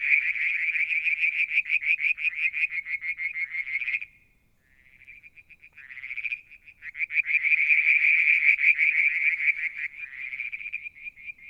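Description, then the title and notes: Frogs call in long, rapid high trills, drop to a softer thin trill, then surge back into loud rattling trills. Calling one evening near a water tank at Mount Wilson, New South Wales, Australia, July 2022. "Frog song, Mount Wilson, New South Wales, Australia in July 2022 – by Alexander Moffatt. Limnodynastes Peronii, Litoria Verreauxii and a mystery frog one evening near the water tank"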